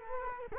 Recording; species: mosquito wingbeat signal from an infrared sensor; Culex quinquefasciatus